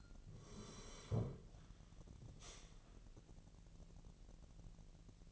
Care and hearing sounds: daily activity, microphone in the room; sit down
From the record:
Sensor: 4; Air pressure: 1002.6 hPa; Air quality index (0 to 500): 249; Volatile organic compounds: 34 ppm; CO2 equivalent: 3038 ppm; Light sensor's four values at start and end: 11/24/10/10 and 11/25/10/10

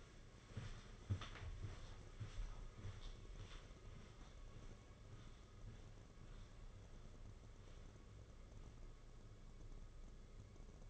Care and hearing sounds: daily activity, microphone in the room; walk to room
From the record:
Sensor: 4

